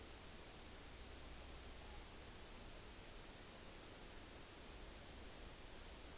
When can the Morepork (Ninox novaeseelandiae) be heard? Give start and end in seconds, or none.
1.29-2.12